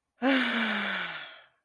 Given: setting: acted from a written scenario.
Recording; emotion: vocal sound without words; romantic love